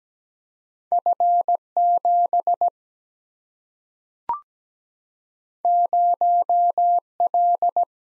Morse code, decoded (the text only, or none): F 7 0 L